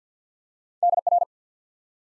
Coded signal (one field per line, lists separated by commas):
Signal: Morse code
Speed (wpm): 50 wpm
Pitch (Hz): 700 Hz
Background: none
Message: D R